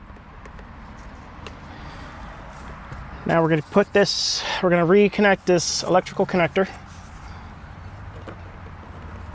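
The plastic electrical connector of a sun visor on a 2013–2017 Honda Accord is handled and lined up with the headliner harness plug, since it only goes in one way. Two faint brief ticks come at about 0.5 s and 1.5 s over low background noise, and someone talks from about 3.2 to 6.7 s. Nothing has seated or clicked yet.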